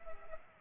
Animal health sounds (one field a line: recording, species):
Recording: mosquito wingbeat signal from an infrared sensor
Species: Culex pipiens